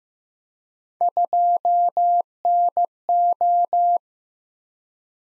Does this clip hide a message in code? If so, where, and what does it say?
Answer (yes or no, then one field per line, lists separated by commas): yes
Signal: Morse code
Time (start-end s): 1.0-4.0 s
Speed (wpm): 15 wpm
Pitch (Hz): 700 Hz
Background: none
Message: 2NO